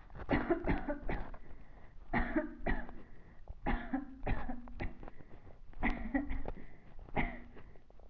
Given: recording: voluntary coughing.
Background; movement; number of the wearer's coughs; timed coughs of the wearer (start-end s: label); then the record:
quiet; sitting; 11
0.28-0.60 s: cough
0.64-0.97 s: cough
1.06-1.26 s: cough
2.11-2.53 s: cough
2.64-2.93 s: cough
3.64-4.11 s: cough
4.24-4.58 s: cough
4.78-5.00 s: cough
5.80-6.20 s: cough
6.25-6.57 s: cough
7.14-7.42 s: cough
From the record:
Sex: female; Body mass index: 22.6 kg/m2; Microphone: on the chest, facing the body